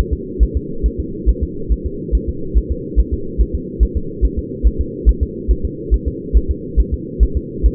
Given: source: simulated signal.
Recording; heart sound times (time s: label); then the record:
fetal heart sounds
0.13 s: S2
0.43 s: S1
0.57 s: S2
0.86 s: S1
1.00 s: S2
1.29 s: S1
1.43 s: S2
1.72 s: S1
1.86 s: S2
2.15 s: S1
2.29 s: S2
2.58 s: S1
2.72 s: S2
3.00 s: S1
3.14 s: S2
3.41 s: S1
3.55 s: S2
3.83 s: S1
3.97 s: S2
4.25 s: S1
4.39 s: S2
4.67 s: S1
4.81 s: S2
5.09 s: S1
5.23 s: S2
5.51 s: S1
5.65 s: S2
5.94 s: S1
6.08 s: S2
6.37 s: S1
6.51 s: S2
6.80 s: S1
6.94 s: S2
7.23 s: S1
7.37 s: S2
7.66 s: S1
From the record:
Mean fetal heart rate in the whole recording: 140 bpm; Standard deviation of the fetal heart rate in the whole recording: 2 bpm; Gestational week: 34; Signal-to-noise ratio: -4.3 dB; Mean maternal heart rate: 72 bpm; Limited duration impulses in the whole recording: absent